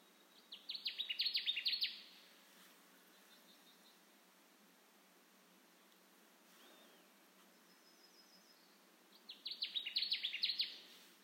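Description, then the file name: Connecticut warbler singing two loud phrases of quick repeated slurred notes, several seconds apart. Recorded on 10 June 2021. "2021-06-10 Connecticut Warbler"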